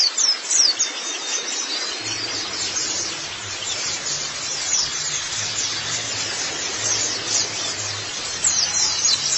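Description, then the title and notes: White-eye twittering: a constant run of thin, high chirps and squeaky sweeps, slightly softer in the middle, over a low background hum. "Suara kicauan burung pleci"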